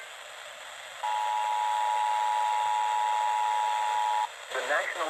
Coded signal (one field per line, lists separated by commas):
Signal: Emergency Alert System (SAME) tones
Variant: 853 and 960 Hz attention tone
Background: speech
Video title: EAS Alerts From 5/3-5/4/2025: A Compilation (EAS 600-611)